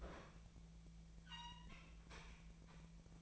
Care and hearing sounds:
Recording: daily activity, microphone in the room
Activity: open fridge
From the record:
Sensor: 1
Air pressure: 1009.7 hPa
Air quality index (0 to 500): 192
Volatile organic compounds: 18 ppm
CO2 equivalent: 2636 ppm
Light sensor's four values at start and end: 33/83/35/42 and 33/83/35/42

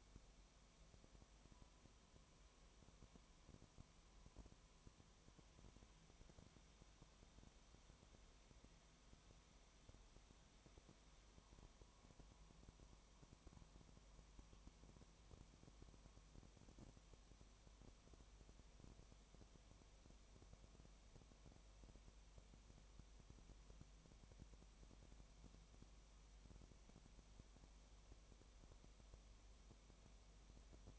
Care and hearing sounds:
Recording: daily activity, microphone in the room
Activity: no activity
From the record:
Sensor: 1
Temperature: 19.4 degrees Celsius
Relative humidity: 35.7%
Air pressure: 1003.3 hPa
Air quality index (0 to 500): 113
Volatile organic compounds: 2 ppm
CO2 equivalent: 1258 ppm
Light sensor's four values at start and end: 1/2/1/1 and 1/2/1/1

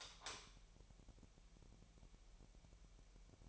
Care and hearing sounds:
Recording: daily activity, microphone in the room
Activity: light on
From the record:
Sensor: 1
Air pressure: 1001.9 hPa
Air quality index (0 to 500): 249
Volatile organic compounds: 54 ppm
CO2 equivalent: 3351 ppm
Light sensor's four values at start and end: 5/11/4/5 and 9/28/10/12

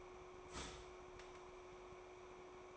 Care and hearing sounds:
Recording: daily activity, microphone in the room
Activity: start toaster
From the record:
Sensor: 1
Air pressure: 1004.3 hPa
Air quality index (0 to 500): 202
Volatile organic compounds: 19 ppm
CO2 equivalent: 2669 ppm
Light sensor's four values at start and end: 5/13/4/5 and 4/13/4/5

